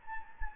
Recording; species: mosquito wingbeat signal from an infrared sensor; Anopheles gambiae